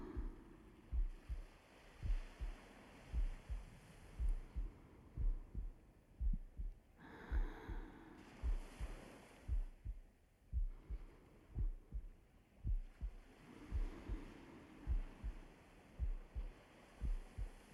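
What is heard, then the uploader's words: A steady, slow heartbeat thumps low, double beats repeating about once a second over a soft, washing hiss with a brief brighter swell near eight seconds. Heart beat.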